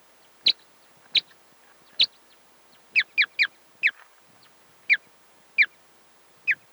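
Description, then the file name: Two-barred crossbill uttering short, sharp downslurred chips, single or in quick groups of three, spaced throughout against faint background hiss. "Loxia leucoptera"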